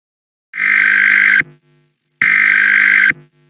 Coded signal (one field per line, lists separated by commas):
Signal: Emergency Alert System (SAME) tones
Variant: header bursts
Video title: EAS Scenario - Overdue Solar Strike